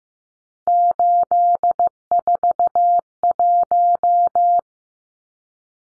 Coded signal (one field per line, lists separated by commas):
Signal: Morse code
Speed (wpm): 15 wpm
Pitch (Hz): 700 Hz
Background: none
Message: 841